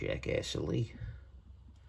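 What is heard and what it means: Someone talks while handling the top case or input cover of a Framework Laptop, which had been bowed up and not sitting right, as it is reworked to be pressed down onto the laptop chassis. Nothing has seated or clicked yet.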